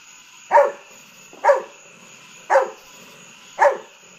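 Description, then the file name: Golden retriever barking, four sharp barks about one per second over a steady high background hum. Barking at fireworks at nighttime. "Golden Retriever Bud"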